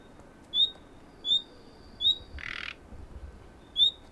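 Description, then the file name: Common nightingale giving four sharp, high whistled notes at uneven intervals, with one brief dry rasping burst midway. "Luscinia megarhynchos"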